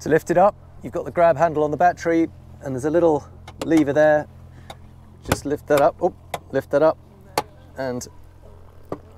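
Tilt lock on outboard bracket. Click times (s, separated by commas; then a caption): 8.9 s. An electric outboard motor is tilted up by the grab handle on its battery after a small lever is lifted, while someone talks over a low steady hum. The tilt lock on the outboard bracket latches into the raised position with a distinct click at 8.9 seconds.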